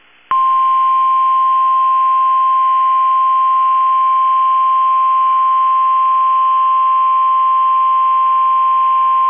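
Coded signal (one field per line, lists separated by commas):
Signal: Emergency Alert System (SAME) tones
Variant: 1050 Hz attention tone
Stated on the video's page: Required Weekly Test from NOAA weather radio station.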